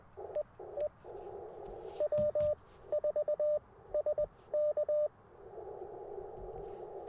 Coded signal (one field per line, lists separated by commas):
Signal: Morse code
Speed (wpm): 20 wpm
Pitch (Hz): 600 Hz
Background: radio noise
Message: E E W4 SK